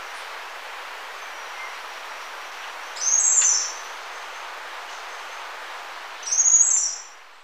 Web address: Natures Songs S America Birds of Ecuador Bronze-olive Pygmy-Tyrant